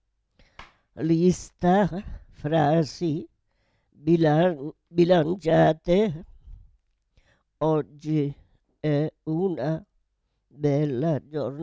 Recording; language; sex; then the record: read phrases; Italian; female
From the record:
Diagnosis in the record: Parkinson's disease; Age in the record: 78 years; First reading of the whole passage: 164 s, 3.2 characters per second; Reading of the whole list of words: 108 s, 2.6 characters per second